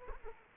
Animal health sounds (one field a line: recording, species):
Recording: mosquito wingbeat signal from an infrared sensor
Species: Culex quinquefasciatus